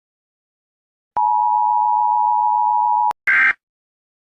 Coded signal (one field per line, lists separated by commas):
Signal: Emergency Alert System (SAME) tones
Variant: 853 and 960 Hz attention tone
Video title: Rating EAS Alarms Part 22: The Saga Isnt Done Yet!